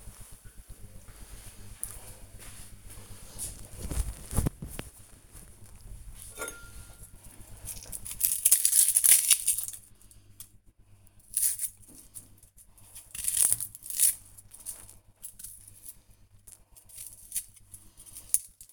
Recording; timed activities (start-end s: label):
household activities, microphone on the right wrist
6.21-18.73 s: cutting vegetables